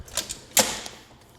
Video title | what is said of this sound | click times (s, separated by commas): Stryker Stretcher & Stair Chair Training | You'll hear a click. But make sure these are locked in cuz this will collapse on you going down a flight of stairs. | 0.6 s